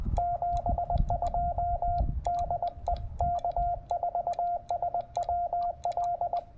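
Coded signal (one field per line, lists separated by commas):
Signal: Morse code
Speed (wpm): 20 wpm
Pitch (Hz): 700 Hz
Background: radio noise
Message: 72 DE K4SWL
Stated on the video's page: Five-watt CW park activation with a Penntek TR-45L, making twenty contacts.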